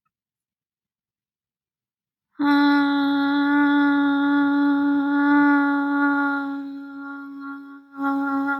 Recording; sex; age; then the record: vowel held as long as possible; female; 20 to 29 years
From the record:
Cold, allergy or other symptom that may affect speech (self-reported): no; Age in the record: 22 years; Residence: Oklahoma, United States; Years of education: 14